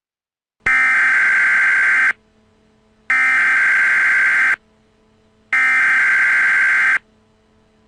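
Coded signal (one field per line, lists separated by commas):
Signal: Emergency Alert System (SAME) tones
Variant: header bursts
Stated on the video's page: Fictional EAS scenario.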